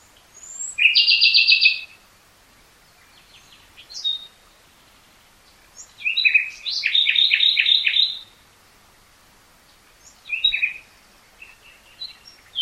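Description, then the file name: Common nightingale singing in spaced phrases, including a fast rattling trill and a run of rapidly repeated notes, with quieter scattered chirps between. "Luscinia megarhynchos"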